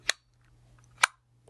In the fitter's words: Ok. Now you close up the mouthpiece till it clicks.